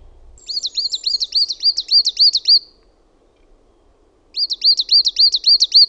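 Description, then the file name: Coal tit song: a fast run of high, repeated two-note phrases, ringing for about two seconds, a pause, then another burst of the same bright, rhythmic notes. "KUUSITIAINEN"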